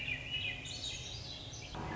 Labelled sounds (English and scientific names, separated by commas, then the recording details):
Swainson's Thrush (Catharus ustulatus)
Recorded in Sonoma County, California